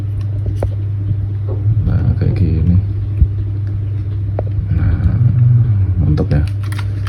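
A plastic latch on a toy case is handled, but it has not seated or clicked yet. Someone talks over a steady low hum, with a few short, sharp taps at about 0.6 s, 4.4 s and 7.1 s.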